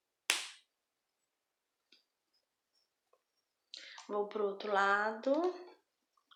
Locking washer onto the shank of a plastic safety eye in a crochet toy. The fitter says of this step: vou apertar até encaixar